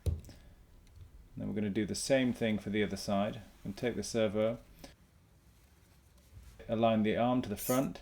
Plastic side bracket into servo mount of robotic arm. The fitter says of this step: but should they should lock in and then clip into the bottom of that piece